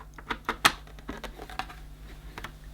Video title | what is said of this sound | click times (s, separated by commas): Samsung Powerstick Jet 90 Pro Cordless Vacuum With Cleanstation Unboxing & First Look | so just pushes in and you should hear a click | 0.5 s, 0.7 s